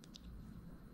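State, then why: Not seated. On a 2013 Toyota Sienna Limited AWD during a noisy rear differential repair, the wiring connector lock on the differential coupler harness is handled on its second side. Two faint, very short ticks come at about 0.0 and 0.2 seconds over a steady low hum, but the lock has not clicked home yet and nothing has seated.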